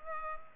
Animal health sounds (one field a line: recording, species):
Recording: mosquito wingbeat signal from an infrared sensor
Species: Culex pipiens